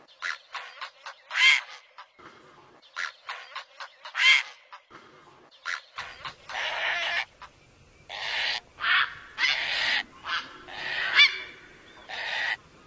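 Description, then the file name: Great blue heron giving harsh, rasping squawks of varying length, mixed with quick series of short clicking, rattling notes. "Canto do garca azul grande"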